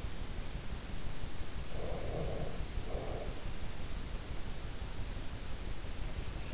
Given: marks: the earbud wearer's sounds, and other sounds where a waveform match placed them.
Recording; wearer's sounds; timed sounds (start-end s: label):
sounds in sleep by an in-ear microphone; breath
1.58-3.26 s: breath